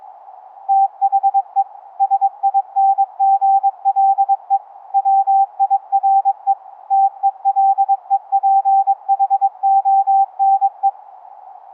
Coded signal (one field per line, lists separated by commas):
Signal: Morse code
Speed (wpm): 22 wpm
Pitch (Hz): 790 Hz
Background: none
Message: THE SINGLE WIRE TELEPHONE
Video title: infrasonic, 11hz, ELF EMF Through The Earth Cave Radio CW Morse Code Transmitter/Receiver LIVE DEMO